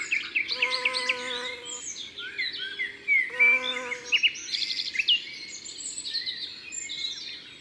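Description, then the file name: Low steady bumblebee drone in two short bursts, partly overlapped by birds singing and chirping at higher pitch. Morning recording at Saint-Laurent-les-Bains, Ardèche, France. "Bourdon matinal Saint-Laurent-les-Bains Ambiances Sonores d Ardeche Studio Les Trois Becs"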